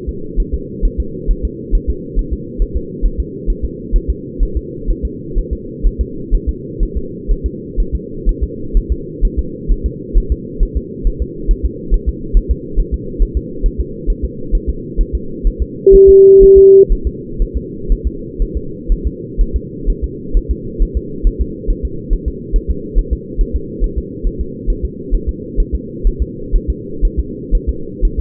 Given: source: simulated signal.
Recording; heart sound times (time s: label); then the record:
fetal heart sounds
0.09 s: S2
0.40 s: S1
0.54 s: S2
0.85 s: S1
1.00 s: S2
1.31 s: S1
1.45 s: S2
1.75 s: S1
1.90 s: S2
2.19 s: S1
2.33 s: S2
2.62 s: S1
2.77 s: S2
3.06 s: S1
3.20 s: S2
3.50 s: S1
3.65 s: S2
3.96 s: S1
4.10 s: S2
4.43 s: S1
4.57 s: S2
4.91 s: S1
5.05 s: S2
5.39 s: S1
5.53 s: S2
5.87 s: S1
6.01 s: S2
6.35 s: S1
6.49 s: S2
6.83 s: S1
6.97 s: S2
7.31 s: S1
7.46 s: S2
7.80 s: S1
7.95 s: S2
8.29 s: S1
8.43 s: S2
8.77 s: S1
8.92 s: S2
9.25 s: S1
9.39 s: S2
9.72 s: S1
9.86 s: S2
10.18 s: S1
10.32 s: S2
10.63 s: S1
10.77 s: S2
11.07 s: S1
11.22 s: S2
11.51 s: S1
11.66 s: S2
11.94 s: S1
12.09 s: S2
12.37 s: S1
12.51 s: S2
12.80 s: S1
12.94 s: S2
13.23 s: S1
13.37 s: S2
13.66 s: S1
13.81 s: S2
14.10 s: S1
14.25 s: S2
14.55 s: S1
14.69 s: S2
15.01 s: S1
15.15 s: S2
15.47 s: S1
15.62 s: S2
15.95 s: S1
16.09 s: S2
16.43 s: S1
16.58 s: S2
16.92 s: S1
17.07 s: S2
17.42 s: S1
17.57 s: S2
17.92 s: S1
18.07 s: S2
18.42 s: S1
18.57 s: S2
18.92 s: S1
19.07 s: S2
19.41 s: S1
19.56 s: S2
19.90 s: S1
20.04 s: S2
20.37 s: S1
20.51 s: S2
20.83 s: S1
20.97 s: S2
21.27 s: S1
21.41 s: S2
21.70 s: S1
21.85 s: S2
22.13 s: S1
22.28 s: S2
22.56 s: S1
22.71 s: S2
22.99 s: S1
23.13 s: S2
23.41 s: S1
23.56 s: S2
23.84 s: S1
23.98 s: S2
24.27 s: S1
24.41 s: S2
24.70 s: S1
24.85 s: S2
25.15 s: S1
25.29 s: S2
25.60 s: S1
25.75 s: S2
26.07 s: S1
26.22 s: S2
26.56 s: S1
26.70 s: S2
27.05 s: S1
27.19 s: S2
27.55 s: S1
27.69 s: S2
28.05 s: S1
28.20 s: S2
From the record:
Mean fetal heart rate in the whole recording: 130 bpm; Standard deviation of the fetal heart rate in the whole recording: 4 bpm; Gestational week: 38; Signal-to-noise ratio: -4.3 dB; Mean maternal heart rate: 72 bpm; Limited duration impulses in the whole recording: present